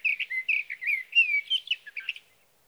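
Sage thrasher pouring out a brisk, unbroken warble of down-slurred and up-slurred whistled notes, ending abruptly.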